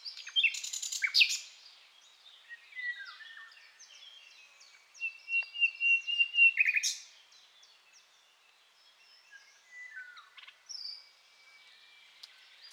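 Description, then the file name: Common nightingale song: harsh rapid notes, a sustained whistle, a series of loud clipped repeated notes, then quieter scattered whistles and twitters. "Luscinia megarhynchos"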